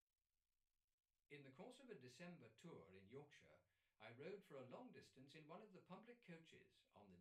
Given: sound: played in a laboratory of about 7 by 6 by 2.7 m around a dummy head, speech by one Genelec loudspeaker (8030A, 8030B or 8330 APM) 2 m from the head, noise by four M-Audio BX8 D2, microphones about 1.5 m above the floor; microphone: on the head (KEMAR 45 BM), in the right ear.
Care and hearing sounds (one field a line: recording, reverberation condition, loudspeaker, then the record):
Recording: male speech in English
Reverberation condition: low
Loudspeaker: 30 degrees to the left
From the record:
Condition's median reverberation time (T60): about 310 ms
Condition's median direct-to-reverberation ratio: about 3.5 dB